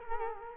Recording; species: mosquito wingbeat signal from an infrared sensor; Culex quinquefasciatus